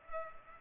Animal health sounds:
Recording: mosquito wingbeat signal from an infrared sensor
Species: Culex pipiens

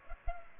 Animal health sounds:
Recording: mosquito wingbeat signal from an infrared sensor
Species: Culex pipiens

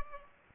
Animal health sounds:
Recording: mosquito wingbeat signal from an infrared sensor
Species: Aedes aegypti

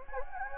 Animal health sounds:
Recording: mosquito wingbeat signal from an infrared sensor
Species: Anopheles gambiae

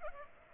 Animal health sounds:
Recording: mosquito wingbeat signal from an infrared sensor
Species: Aedes aegypti

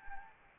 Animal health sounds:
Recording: mosquito wingbeat signal from an infrared sensor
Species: Anopheles arabiensis

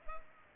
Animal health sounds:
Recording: mosquito wingbeat signal from an infrared sensor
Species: Culex pipiens

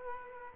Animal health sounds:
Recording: mosquito wingbeat signal from an infrared sensor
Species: Culex quinquefasciatus

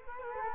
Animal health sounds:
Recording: mosquito wingbeat signal from an infrared sensor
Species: Culex quinquefasciatus

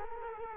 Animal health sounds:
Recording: mosquito wingbeat signal from an infrared sensor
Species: Culex quinquefasciatus

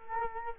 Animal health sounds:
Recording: mosquito wingbeat signal from an infrared sensor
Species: Culex quinquefasciatus

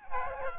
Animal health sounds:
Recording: mosquito wingbeat signal from an infrared sensor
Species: Aedes albopictus

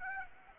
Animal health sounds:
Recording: mosquito wingbeat signal from an infrared sensor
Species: Aedes aegypti

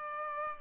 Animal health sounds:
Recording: mosquito wingbeat signal from an infrared sensor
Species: Culex pipiens

